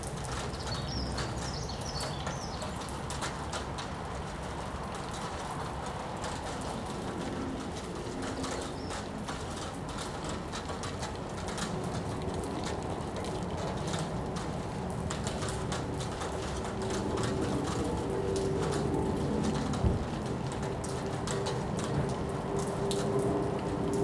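Steady rain falls outside with a dense, even hiss and patter, rising slightly after twenty seconds, with faint hum and a brief tone.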